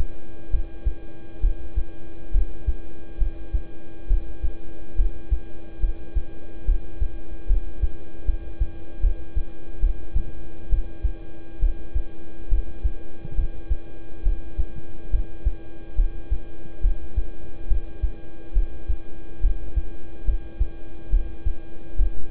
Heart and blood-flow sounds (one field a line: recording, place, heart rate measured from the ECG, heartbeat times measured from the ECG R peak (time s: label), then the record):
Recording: heart sounds by stethoscope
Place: between the tricuspid and mitral areas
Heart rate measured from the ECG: 70 bpm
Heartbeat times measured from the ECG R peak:
0.50 s: heartbeat
1.40 s: heartbeat
2.31 s: heartbeat
3.18 s: heartbeat
4.07 s: heartbeat
4.96 s: heartbeat
5.80 s: heartbeat
6.65 s: heartbeat
7.47 s: heartbeat
8.25 s: heartbeat
9.00 s: heartbeat
9.80 s: heartbeat
10.69 s: heartbeat
11.59 s: heartbeat
12.49 s: heartbeat
13.35 s: heartbeat
14.23 s: heartbeat
15.10 s: heartbeat
15.95 s: heartbeat
16.81 s: heartbeat
17.67 s: heartbeat
18.53 s: heartbeat
19.41 s: heartbeat
20.25 s: heartbeat
21.10 s: heartbeat
21.96 s: heartbeat
From the record:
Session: rest, lying down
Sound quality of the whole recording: good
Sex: male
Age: 26 years